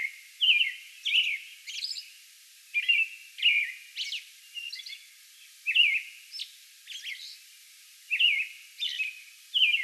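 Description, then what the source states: American robin song bout of mellow whistled phrases alternating with high, faint squeaky notes, phrases coming in quick groups with brief pauses. Song bout recorded May 11.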